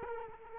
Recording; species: mosquito wingbeat signal from an infrared sensor; Culex quinquefasciatus